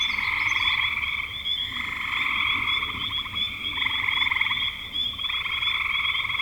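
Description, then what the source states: Frogs trilling continuously in a chorus, pulsed rattles overlapping and shifting every second or two. Frogs recorded in spring 2025.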